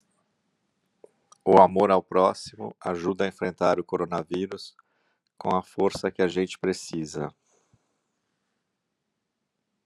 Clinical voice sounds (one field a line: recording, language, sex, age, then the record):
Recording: spoken sentence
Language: Brazilian Portuguese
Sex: male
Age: 50 to 59 years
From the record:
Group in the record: control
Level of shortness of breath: 0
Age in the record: 58 years